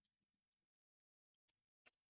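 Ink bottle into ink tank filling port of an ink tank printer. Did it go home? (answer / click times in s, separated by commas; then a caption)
no / none. A plastic ink bottle is handled at the keyed ink tank filling port (a curve and a flat) of a Brother DCP-T436W ink tank printer. Soft rustling and light handling sounds come and go with quiet gaps, and a sharper tap is heard near 1.9 s. Nothing has seated or clicked yet.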